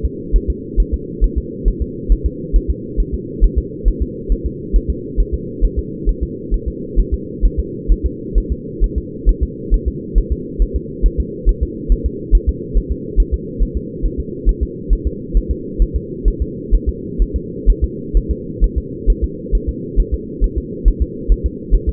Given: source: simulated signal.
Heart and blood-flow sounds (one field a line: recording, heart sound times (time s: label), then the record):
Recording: fetal heart sounds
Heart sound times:
0.05 s: S2
0.36 s: S1
0.50 s: S2
0.80 s: S1
0.94 s: S2
1.24 s: S1
1.38 s: S2
1.68 s: S1
1.82 s: S2
2.12 s: S1
2.26 s: S2
2.56 s: S1
2.70 s: S2
3.00 s: S1
3.14 s: S2
3.44 s: S1
3.58 s: S2
3.88 s: S1
4.02 s: S2
4.32 s: S1
4.46 s: S2
4.76 s: S1
4.90 s: S2
5.20 s: S1
5.34 s: S2
5.65 s: S1
5.79 s: S2
6.09 s: S1
6.23 s: S2
6.54 s: S1
6.68 s: S2
6.99 s: S1
7.14 s: S2
7.45 s: S1
7.59 s: S2
7.92 s: S1
8.06 s: S2
8.38 s: S1
8.52 s: S2
8.84 s: S1
8.98 s: S2
9.29 s: S1
9.43 s: S2
9.74 s: S1
9.88 s: S2
10.18 s: S1
10.32 s: S2
10.62 s: S1
10.76 s: S2
11.06 s: S1
11.20 s: S2
11.49 s: S1
11.63 s: S2
11.92 s: S1
12.06 s: S2
12.35 s: S1
12.49 s: S2
12.77 s: S1
12.91 s: S2
13.20 s: S1
13.34 s: S2
13.63 s: S1
13.77 s: S2
14.05 s: S1
14.20 s: S2
14.49 s: S1
14.63 s: S2
14.93 s: S1
15.07 s: S2
15.37 s: S1
15.51 s: S2
15.82 s: S1
15.96 s: S2
16.28 s: S1
16.42 s: S2
16.75 s: S1
16.89 s: S2
17.22 s: S1
17.36 s: S2
17.70 s: S1
17.84 s: S2
18.17 s: S1
18.31 s: S2
18.64 s: S1
18.78 s: S2
19.10 s: S1
19.24 s: S2
19.55 s: S1
19.69 s: S2
20.00 s: S1
20.14 s: S2
20.44 s: S1
20.58 s: S2
20.88 s: S1
21.02 s: S2
21.32 s: S1
21.46 s: S2
21.75 s: S1
21.89 s: S2
From the record:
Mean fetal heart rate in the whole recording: 135 bpm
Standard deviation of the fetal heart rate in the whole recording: 3 bpm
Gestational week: 36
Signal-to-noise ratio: -4.1 dB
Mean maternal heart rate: no maternal heart sound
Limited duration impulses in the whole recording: absent